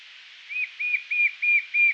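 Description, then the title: White-shouldered fire-eye giving five evenly spaced, clear whistled notes, each short and slightly arched in pitch, over a faint hiss. "LuckyPassaro Completos2Sama. White-shouldered Fire-eye (Pyriglena leucoptera)"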